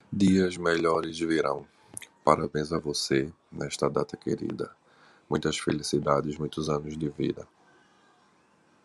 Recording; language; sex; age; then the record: short text; Brazilian Portuguese; male; 40 to 49 years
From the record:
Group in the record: control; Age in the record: 46 years